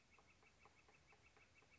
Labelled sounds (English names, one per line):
Northern Flicker